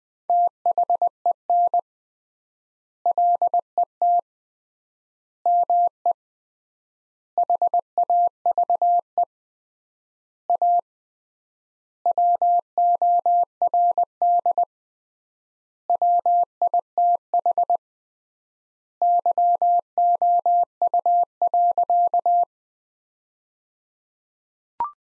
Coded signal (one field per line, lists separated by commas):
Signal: Morse code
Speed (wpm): 20 wpm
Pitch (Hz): 700 Hz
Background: none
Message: THEN LET ME HAVE A WORD WITH YOU.